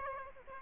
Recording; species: mosquito wingbeat signal from an infrared sensor; Aedes aegypti